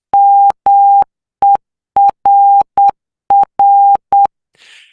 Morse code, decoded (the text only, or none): MERR